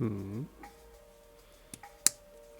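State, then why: Seated. A plastic part of a model kit is pressed into its mating part. Someone talks briefly at the start, then two faint ticks come just before a sharp, loud snap at 2.1 s. The part snaps into place, seated.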